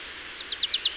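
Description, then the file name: Marsh tit calls: six bright downslurred notes, each a little louder than the last, after a brief quiet start. "Poecile palustris"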